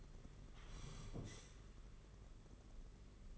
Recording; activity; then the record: daily activity, microphone in the room; sit down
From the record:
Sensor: 4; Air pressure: 992.5 hPa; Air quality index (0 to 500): 119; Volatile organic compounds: 28 ppm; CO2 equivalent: 2910 ppm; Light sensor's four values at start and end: 20/72/26/28 and 20/72/26/28